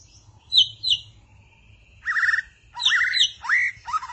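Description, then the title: Magpie-robin or shama song: clear whistled notes near the start, then buzzy, rising and falling phrases after a short pause, with a faint low hum underneath. "Suara Burung Murai"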